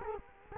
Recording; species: mosquito wingbeat signal from an infrared sensor; Culex quinquefasciatus